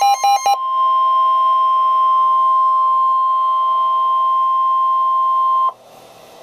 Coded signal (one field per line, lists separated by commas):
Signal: Emergency Alert System (SAME) tones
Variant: 1050 Hz attention tone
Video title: NOAA Weather Radio - EAS #171: Severe Thunderstorm Warning (5/27/2012)